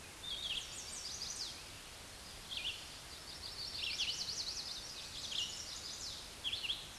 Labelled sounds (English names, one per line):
Red-eyed Vireo song